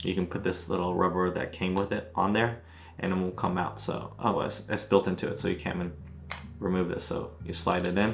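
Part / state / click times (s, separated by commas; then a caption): action camera mounting buckle into curved adhesive mount / not seated / none. Someone talks while handling a GoPro Hero 11 Black's plastic quick-release mounting buckle, getting ready to slide it into the curved adhesive helmet mount that comes with it. A small rubber plug is meant to go in afterward so the buckle can't be squeezed out. The clip ends just before the buckle goes home, so nothing has seated or clicked yet.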